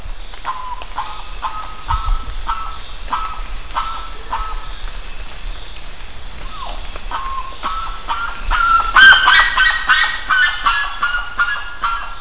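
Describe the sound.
Bird giving a steady series of short nasal honking notes, then joined near the end by a louder burst of overlapping calls, with a steady background hum.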